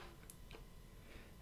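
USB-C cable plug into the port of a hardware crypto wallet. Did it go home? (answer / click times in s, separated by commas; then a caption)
yes / 0.3 s, 0.5 s. A USB Type-C cable plug is pushed into the port of a Trezor Model T hardware crypto wallet, a connector that is quite tough to get in. Two short, sharp ticks sound at 0.3 s and 0.5 s over a steady low background hiss. The plug snaps and locks in place, fully seated.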